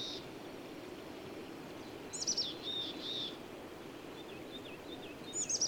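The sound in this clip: Bird song: short high whistled and trilled phrases, one around two seconds in and another near the end, over a steady hiss of background noise.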